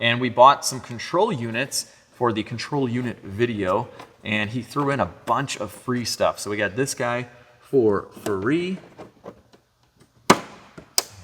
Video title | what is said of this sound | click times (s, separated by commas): My Bank Repo Alpina B7 Broke AGAIN So I Fixed EVERYTHING & Now My Last BMW Is For Sale! | just snaps right in. Easy | 10.3 s, 11.0 s